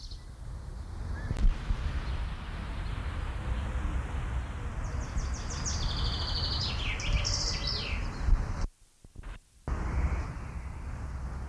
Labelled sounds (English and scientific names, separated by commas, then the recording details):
Common Chaffinch (Fringilla coelebs)
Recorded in the wild
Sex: male
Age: adult
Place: München, Bayern, DE
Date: 1995-05-26 18:24
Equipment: Marantz CP 430, Sennheiser ME 80, Kopie Uher 4000 Report Monitor
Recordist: Tembrock, Günter
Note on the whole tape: Hofgarten: Gesang